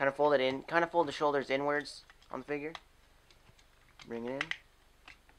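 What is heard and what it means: Someone talks while folding the plastic shoulders of a transforming toy figure inward toward its body, then pushes the shoulder assembly into place. Faint plastic handling taps come at about 3.3, 3.6, 5.1 and 5.3 seconds between the talking. The part has not seated or clicked into position yet.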